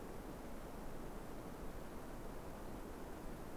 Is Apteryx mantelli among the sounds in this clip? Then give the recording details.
no. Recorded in New Zealand on 3 December 2015. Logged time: 00:13. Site BZ73